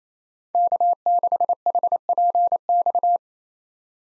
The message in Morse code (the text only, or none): K6HPX